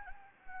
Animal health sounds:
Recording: mosquito wingbeat signal from an infrared sensor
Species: Anopheles gambiae

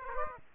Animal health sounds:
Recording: mosquito wingbeat signal from an infrared sensor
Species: Aedes aegypti

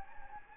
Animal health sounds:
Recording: mosquito wingbeat signal from an infrared sensor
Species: Anopheles gambiae

